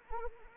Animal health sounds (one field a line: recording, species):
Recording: mosquito wingbeat signal from an infrared sensor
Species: Anopheles arabiensis